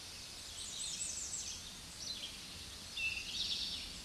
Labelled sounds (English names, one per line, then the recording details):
Eastern Towhee song
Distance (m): 20 m
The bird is about 5 m above the microphone
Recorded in a Pennsylvania forest on 16 May 2024 at 06:49
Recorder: AudioMoth, point MSD-1401
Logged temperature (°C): 16.4 °C
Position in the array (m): 92 m, 159 m